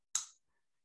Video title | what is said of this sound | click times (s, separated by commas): #5 Learn About Mobile Phlebotomy Supplies - Eduardo Zamora, Product Specialist - Product Demo | applying forward pressure until we hear an audible click and | 0.2 s